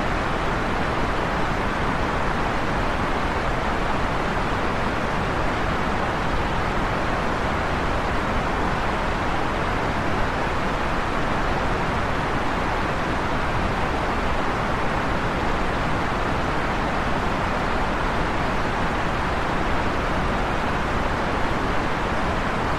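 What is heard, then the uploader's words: White noise hisses evenly from start to finish, a dense, unbroken wash with no events or pauses. It carries weight down low as well as a bright upper hiss, so it sits close to the roar of a running vehicle, and the level never changes. White Noise.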